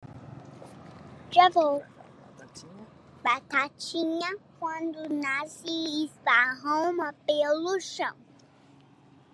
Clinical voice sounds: short text; Brazilian Portuguese; female; 60 to 69 years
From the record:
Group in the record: control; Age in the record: 64 years

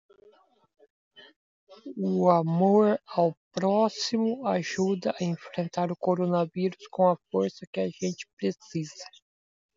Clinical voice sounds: spoken sentence; Brazilian Portuguese; male; 40 to 49 years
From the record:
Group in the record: control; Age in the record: 43 years

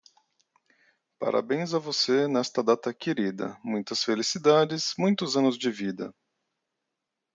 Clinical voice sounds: short text; Brazilian Portuguese; male; 40 to 49 years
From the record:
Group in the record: control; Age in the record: 40 years

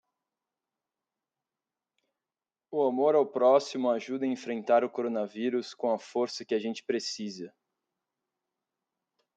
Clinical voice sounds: spoken sentence; Brazilian Portuguese; male; 30 to 39 years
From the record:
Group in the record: control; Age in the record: 32 years

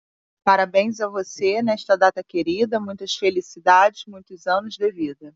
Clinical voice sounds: short text; Brazilian Portuguese; female; 40 to 49 years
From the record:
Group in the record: control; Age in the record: 41 years

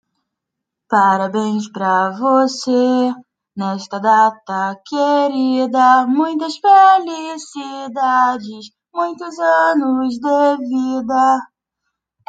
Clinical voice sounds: short text; Brazilian Portuguese; female; 20 to 29 years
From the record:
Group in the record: control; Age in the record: 26 years

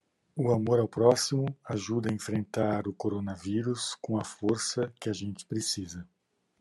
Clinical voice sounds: spoken sentence; Brazilian Portuguese; male; 60 to 69 years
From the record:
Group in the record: control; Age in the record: 60 years

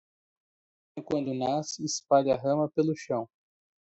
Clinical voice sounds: short text; Brazilian Portuguese; male; 30 to 39 years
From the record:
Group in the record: control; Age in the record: 32 years

